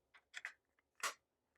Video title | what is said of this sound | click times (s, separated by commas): Finding the Serial Number on a Honeywell 5800PIR-RES | as that's locked into place swing it down and it | 0.4 s